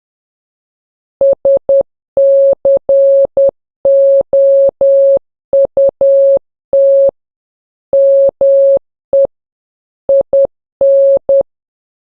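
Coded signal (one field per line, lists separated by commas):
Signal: Morse code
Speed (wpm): 10 wpm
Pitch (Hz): 550 Hz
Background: none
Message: SCOUT ME IN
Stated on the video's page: Morse practice drill: single characters sent, three-second pause, then phonetic name given; aimed at scouts.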